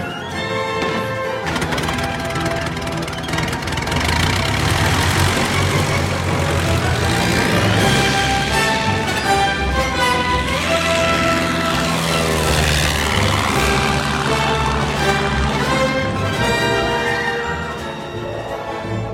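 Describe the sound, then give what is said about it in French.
A propeller airplane engine roars steadily and loudly throughout as the plane is used to escape, its droning pitch rising and falling with swooping, wavering tones and no voices. “Il s'est enfui? Mais comment? En avion.”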